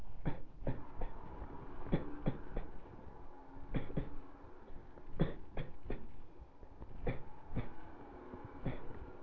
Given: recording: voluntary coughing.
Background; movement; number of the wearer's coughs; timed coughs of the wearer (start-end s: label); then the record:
traffic; sitting; 14
0.24-0.52 s: cough
0.64-0.85 s: cough
0.99-1.12 s: cough
1.89-2.23 s: cough
2.23-2.54 s: cough
2.54-2.87 s: cough
3.72-3.94 s: cough
3.94-4.16 s: cough
5.17-5.54 s: cough
5.54-5.87 s: cough
5.87-6.15 s: cough
7.04-7.39 s: cough
7.53-7.78 s: cough
8.63-9.03 s: cough
From the record:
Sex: male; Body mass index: 23.7 kg/m2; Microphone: on the chest, facing the body